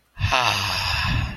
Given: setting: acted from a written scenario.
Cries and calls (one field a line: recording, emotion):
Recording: vocal sound without words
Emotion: romantic love